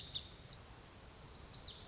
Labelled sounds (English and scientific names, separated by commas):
Lazuli Bunting (Passerina amoena)